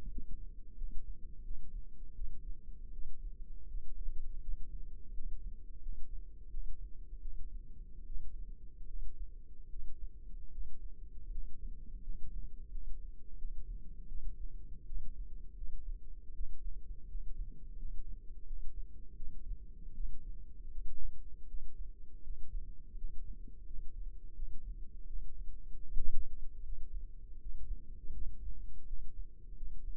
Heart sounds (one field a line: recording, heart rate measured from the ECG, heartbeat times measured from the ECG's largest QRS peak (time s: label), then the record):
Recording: heart sounds by microphone in the left ear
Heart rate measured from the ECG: 81 bpm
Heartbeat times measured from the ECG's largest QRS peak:
0.08 s: heartbeat
0.74 s: heartbeat
1.41 s: heartbeat
2.13 s: heartbeat
2.90 s: heartbeat
3.65 s: heartbeat
4.39 s: heartbeat
5.10 s: heartbeat
5.79 s: heartbeat
6.48 s: heartbeat
7.19 s: heartbeat
8.03 s: heartbeat
8.85 s: heartbeat
9.67 s: heartbeat
10.49 s: heartbeat
11.28 s: heartbeat
11.99 s: heartbeat
12.68 s: heartbeat
13.35 s: heartbeat
14.06 s: heartbeat
14.84 s: heartbeat
15.52 s: heartbeat
16.31 s: heartbeat
17.05 s: heartbeat
17.75 s: heartbeat
18.43 s: heartbeat
19.13 s: heartbeat
19.92 s: heartbeat
20.68 s: heartbeat
21.45 s: heartbeat
22.20 s: heartbeat
22.94 s: heartbeat
23.64 s: heartbeat
24.32 s: heartbeat
25.04 s: heartbeat
25.83 s: heartbeat
26.60 s: heartbeat
27.37 s: heartbeat
28.12 s: heartbeat
28.83 s: heartbeat
29.53 s: heartbeat
From the record:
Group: healthy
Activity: rest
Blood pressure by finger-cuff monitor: 102/57 mmHg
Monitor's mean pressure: 71 mmHg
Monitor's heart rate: 83 bpm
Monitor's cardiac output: 7.1 L/min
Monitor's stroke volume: 86 mL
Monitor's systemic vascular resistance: 710 dyn s/cm5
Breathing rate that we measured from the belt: 10 breaths a minute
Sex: female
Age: 26 years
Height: 165 cm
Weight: 55 kg